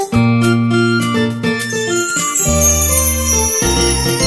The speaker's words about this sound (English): Here's Jingle Bells.